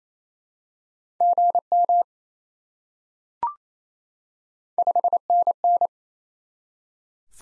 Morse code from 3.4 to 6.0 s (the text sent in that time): 5NN